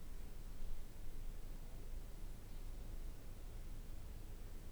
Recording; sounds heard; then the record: poultry house recording; no chicken sound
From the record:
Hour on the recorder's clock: 13